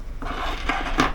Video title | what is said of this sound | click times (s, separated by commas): MeCanik Reddot Kutu Açılımı Ve İncelemesi--Canik METESFT PRO Reddot Montaj--Reddot Artıları Eksileri | bunu şu şekil vidaları delikleri gelecek şekilde yerleştiriyoruz böyle tık diye oturuyor | 1.0 s